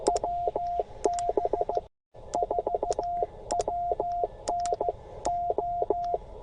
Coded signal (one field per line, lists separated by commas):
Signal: Morse code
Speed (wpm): 14 wpm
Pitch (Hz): 690 Hz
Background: radio noise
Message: WB4WN O